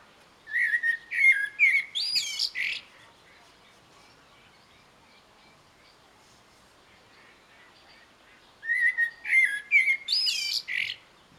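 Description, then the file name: Common blackbird song: two clear phrases, each a few low fluted notes followed by a thin high twitter, separated by about six seconds of near silence. "Turdus merula"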